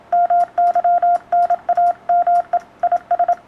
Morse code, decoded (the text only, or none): MY NAME IS